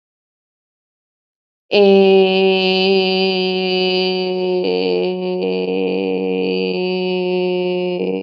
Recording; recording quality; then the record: sustained vowel as in made; excellent, no background noise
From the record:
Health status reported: COVID-19 positive, mild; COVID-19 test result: positive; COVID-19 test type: RT-PCR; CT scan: not taken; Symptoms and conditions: cold, fever, fatigue, muscle pain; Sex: female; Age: 30 years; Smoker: no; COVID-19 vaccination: both doses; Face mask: not worn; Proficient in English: yes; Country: India